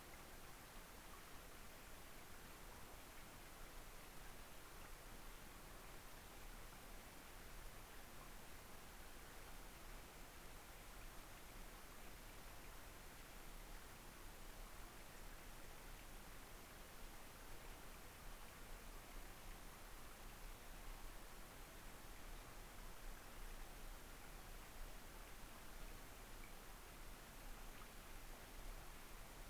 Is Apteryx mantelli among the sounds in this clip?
no